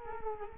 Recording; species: mosquito wingbeat signal from an infrared sensor; Culex quinquefasciatus